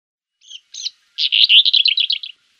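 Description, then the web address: Black-eared wheatear song: two short scratchy notes, then a rapid, buzzy, warbled phrase of high chattering notes lasting about a second. "Schulze Peter Black-eared Wheatear song"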